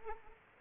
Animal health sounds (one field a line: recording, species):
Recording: mosquito wingbeat signal from an infrared sensor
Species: Aedes aegypti